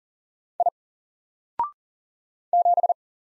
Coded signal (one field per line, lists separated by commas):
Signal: Morse code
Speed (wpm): 40 wpm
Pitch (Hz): 700 Hz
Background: none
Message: I 7